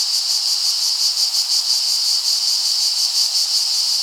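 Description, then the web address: Cicada song, a loud continuous high buzz with a regular throbbing pulse, about three beats each second. "bg-cicadidae plebejus"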